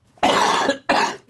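Two harsh, deliberate coughs from an adult man who had been ill a few days earlier, the first longer than the second.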